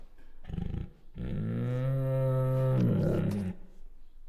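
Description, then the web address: Bengal tiger making a brief rough grunt, then a sustained low harmonic moaning whine lasting about two seconds. Female Bengal tiger; chuffs, growls and whines. "Sound Ideas Tigers Sound Effects Female Bengal Tiger Chuffs, Growls and Whines"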